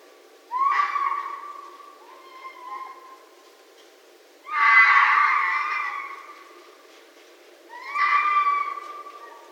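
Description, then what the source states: Red fox calling four times, hoarse rising yelps with a ringing tone, one soft and one louder and raspier, spaced a few seconds apart over quiet background. Recorded in 2012.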